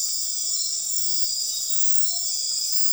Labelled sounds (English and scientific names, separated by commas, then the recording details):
Tropical Screech-Owl (Megascops choliba)
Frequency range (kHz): Tropical Screech-Owl (Megascops choliba) 0.2-0.9 kHz
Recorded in dense forest near Puerto Asís, Putumayo, Colombia, on 21 February 2024 at 02:30
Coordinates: 0.502, -76.326
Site G6460